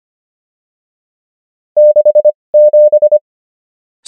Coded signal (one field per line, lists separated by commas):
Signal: Morse code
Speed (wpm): 25 wpm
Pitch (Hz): 600 Hz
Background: none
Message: 67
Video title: morse code practice | 25wpm | 20fw | numbers | ENGLISH